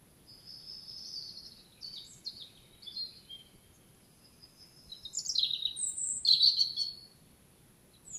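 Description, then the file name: European robin singing separate wavering high phrases, soft at first, building to a louder, liquid, warbling phrase near the end. "Erithacus rubecula"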